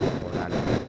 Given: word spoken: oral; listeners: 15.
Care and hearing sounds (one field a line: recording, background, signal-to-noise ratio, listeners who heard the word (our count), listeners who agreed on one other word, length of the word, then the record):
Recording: one Spanish word in noise, from a listening test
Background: noise modulated by three-talker babble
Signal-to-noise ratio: -6.6 dB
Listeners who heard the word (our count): 1 of 15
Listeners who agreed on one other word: 6 of 15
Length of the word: 0.48 s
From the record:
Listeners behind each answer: 6, 2, 1, 1, 1, 1, 1, 1, 1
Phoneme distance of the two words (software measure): 27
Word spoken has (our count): 2 syllables, 4 phonemes, stress on syllable 2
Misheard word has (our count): 2 syllables, 5 phonemes, stress on syllable 2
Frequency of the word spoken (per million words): 19.40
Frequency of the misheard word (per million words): 14.62